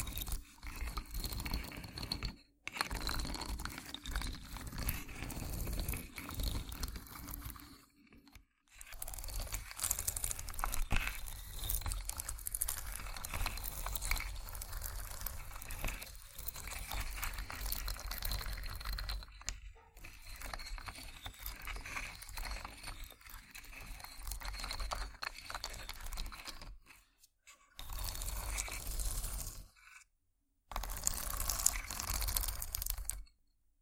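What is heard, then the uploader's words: ASMR wooden triggers: dense, continuous scratching and crackling taps with a low rumble, broken by brief silences near 2, 8, 20, 28 and 30 seconds. ASMR Wooden Triggers 1hour（No Talking）.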